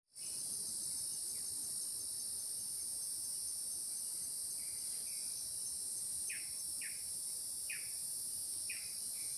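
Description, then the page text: Blue manakin calls: several short, slurred notes in a loose series, under a loud, steady, high insect drone. Recorded 6 January 2026 at Santa Ana, Misiones, Argentina. "Tangará (Chiroxiphia caudata). Gustavo Fernando Durán"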